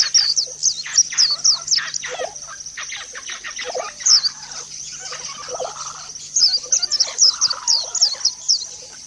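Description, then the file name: White-eye song: very high, quick tinkling notes in runs, a pause of softer chirps, then another fast high run, over a faint low hum. White-eye (pleci) song used as audio therapy for cage birds. "audio-terapi-pleci-5-omkicau"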